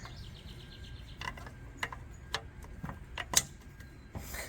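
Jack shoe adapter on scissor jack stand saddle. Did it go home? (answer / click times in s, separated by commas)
yes / 3.4 s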